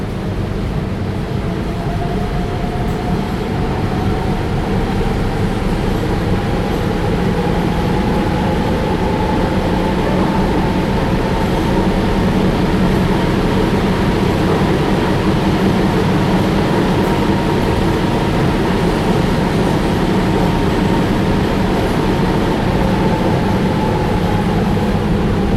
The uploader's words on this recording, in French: Budapest, la ligne M1. Constitué de 3 petites voitures rigolotes, la courte ligne M1 du métro de Budapest est classée au Patrimoine mondial de l'UNESCO.